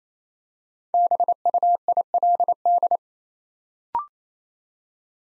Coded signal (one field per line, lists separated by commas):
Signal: Morse code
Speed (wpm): 27 wpm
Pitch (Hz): 700 Hz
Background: none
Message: BUILD